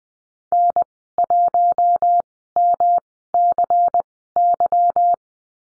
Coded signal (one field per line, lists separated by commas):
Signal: Morse code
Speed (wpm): 20 wpm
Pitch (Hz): 700 Hz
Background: none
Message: N1MCY